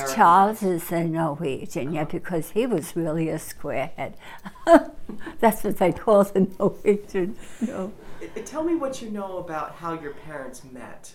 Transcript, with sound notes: Yes, Charles is in Norwegian because he was really a "squarehead." (she laughs) That's what they call the Norwegians, you know.
Tell me what you know about how your parents met.